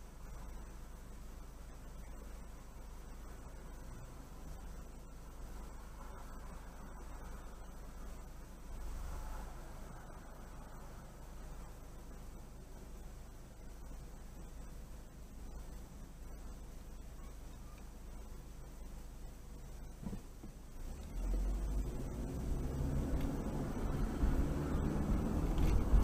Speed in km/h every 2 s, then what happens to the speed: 0, 0, 0, 0, 0, 0, 0, 0, 0, 0, 2, 15, 27.
0-20 standing. 20-26 pulls away to 27.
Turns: none.